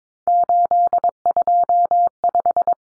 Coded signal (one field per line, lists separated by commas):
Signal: Morse code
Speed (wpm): 22 wpm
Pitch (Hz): 700 Hz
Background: none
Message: 825